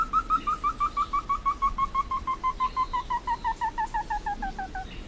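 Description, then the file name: Slaty bristlefront giving a fast, regular series of clear whistled notes that step steadily down in pitch before stopping. "Canto do entufado"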